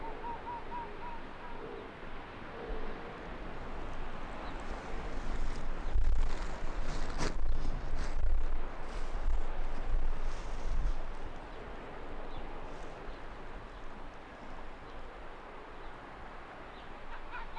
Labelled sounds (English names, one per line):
Arctic Fox